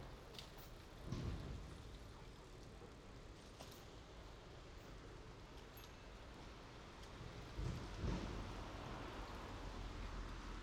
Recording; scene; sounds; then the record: everyday scene through a hearing-aid microphone; in traffic; traffic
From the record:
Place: main road on the outskirts, rush hour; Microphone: in the ear canal, left